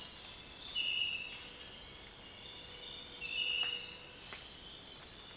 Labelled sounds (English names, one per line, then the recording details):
none
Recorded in dense forest near Puerto Asís, Putumayo, Colombia, on 23 June 2025 at 06:00
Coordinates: 0.468, -76.322
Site GP03